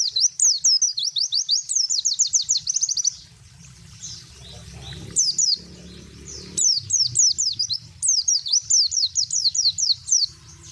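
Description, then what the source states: Spiderhunter song: fast runs of sharp, high chirping notes in rapid repeated bursts, a quiet pause midway, then more chirping series. Singing vigorously and clearly in long phrases; shared as master song for training birds.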